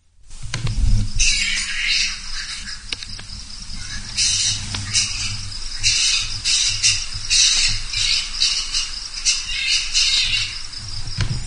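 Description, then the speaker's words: Grey-headed flying fox calls: harsh, scratchy bursts in rapid irregular sequence, continuing almost without pause. Played recording of an Australian species. "So this is a vocalization of a gray-headed flying fox."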